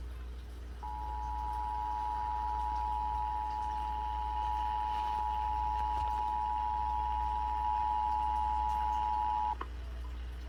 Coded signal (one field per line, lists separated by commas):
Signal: Emergency Alert System (SAME) tones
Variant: 853 and 960 Hz attention tone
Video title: Riverside-San Bernardino Required Monthly Test (EAS #608-612) 7/5/23